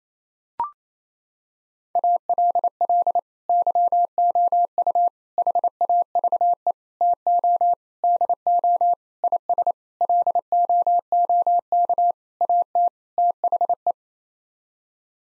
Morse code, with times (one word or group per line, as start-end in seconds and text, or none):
2.0-3.2 ALL
3.5-5.1 YOU
5.4-6.7 HAVE
7.0-7.7 TO
8.0-8.9 DO
9.2-9.7 IS
10.0-12.1 LOOK
12.4-12.9 AT
13.2-13.9 THE